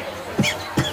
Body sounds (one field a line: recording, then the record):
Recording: coughing mixed with background sound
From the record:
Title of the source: Dry Coughing Fit in the Afternoon.